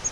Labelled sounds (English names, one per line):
Grace's Warbler flight call